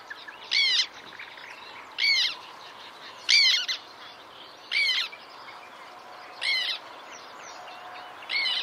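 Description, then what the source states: Black tern squeaking calls: harsh notes repeated about every one and a half seconds against a quiet background. Squeaking call to listen for at a black tern site; recorded by Patrik Åberg.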